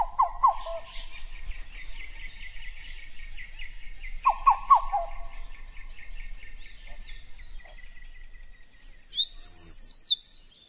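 Oropendola-type gurgling call, two bursts of quick slurred notes about four seconds apart, over steady high chattering and scratchy calls of other birds.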